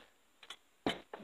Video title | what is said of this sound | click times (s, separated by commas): STIHL MS400C OIL PUMP UPGRADE "R/HO" | press it on home you may have heard another pop there so we're all the way in | 1.1 s